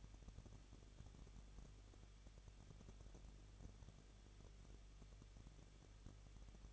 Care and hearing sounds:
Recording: daily activity, microphone in the room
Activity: no activity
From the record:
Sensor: 4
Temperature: 23.1 degrees Celsius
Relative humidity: 34.0%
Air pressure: 1007.2 hPa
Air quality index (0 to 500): 216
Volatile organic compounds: 15 ppm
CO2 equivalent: 2489 ppm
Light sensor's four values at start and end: 2/3/1/1 and 2/3/1/1

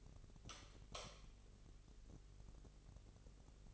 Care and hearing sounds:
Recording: daily activity, microphone in the room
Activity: light on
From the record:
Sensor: 4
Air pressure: 996.2 hPa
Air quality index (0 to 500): 68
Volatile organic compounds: 2 ppm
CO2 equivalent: 1252 ppm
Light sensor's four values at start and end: 15/33/13/13 and 17/45/17/18

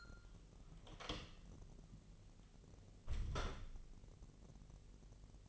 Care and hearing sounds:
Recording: daily activity, microphone in the room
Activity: close door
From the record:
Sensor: 4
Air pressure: 1002.2 hPa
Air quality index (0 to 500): 249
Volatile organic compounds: 41 ppm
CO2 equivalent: 3170 ppm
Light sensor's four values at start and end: 10/22/9/8 and 10/23/9/9

